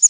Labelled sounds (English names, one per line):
Prairie Warbler flight call